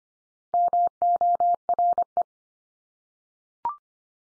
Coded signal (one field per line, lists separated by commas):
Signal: Morse code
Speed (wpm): 25 wpm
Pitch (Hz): 700 Hz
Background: none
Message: MORE